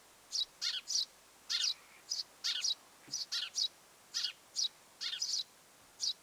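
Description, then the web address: Eurasian tree sparrow chirps: high chirps, single and in short doubled or tripled bursts, over quiet background hiss. Mother with nestlings in the nest; recorded 25 July 2026. "25 7 2026 pikkuvarpusemo ja poikaset pesassa"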